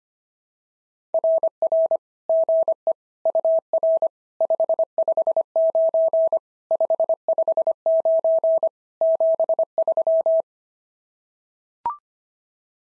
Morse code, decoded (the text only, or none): RR GE UR 559 559 73